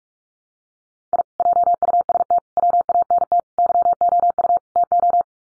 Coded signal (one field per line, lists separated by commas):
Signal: Morse code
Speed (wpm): 44 wpm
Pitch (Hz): 700 Hz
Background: none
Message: I JUST WANT YOU TO